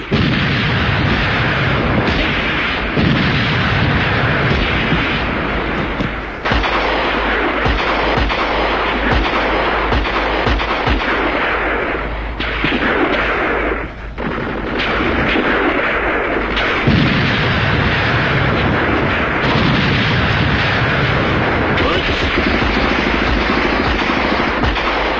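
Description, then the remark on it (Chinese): A sustained battle sound effect of the War of Resistance against Japan: booming artillery and rattling gunfire, dense and loud throughout, with rumbling low blasts layered under sharp bursts and a brief dip in the din midway. “炮声震地，杀声冲天，八年抗战，谁知道进行了多少次战斗，谁知道牺牲了多少生命。”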